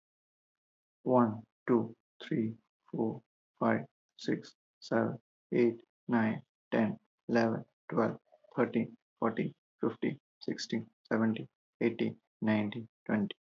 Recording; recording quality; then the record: counting at a normal pace; excellent, no background noise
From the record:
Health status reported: respiratory illness, not identified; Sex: male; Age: 45 years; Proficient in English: yes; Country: India